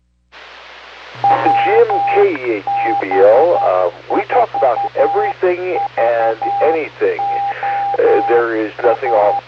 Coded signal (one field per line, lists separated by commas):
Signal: Morse code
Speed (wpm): 11 wpm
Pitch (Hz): 800 Hz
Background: speech, radio noise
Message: WB4VOA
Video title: KC9VKV HAM RADIO QSO-VLOG - VHF DXING - 3/16/21- HIGHLAND HEIGHTS "NO NAME" NET!!!- JIM' RADIO STORY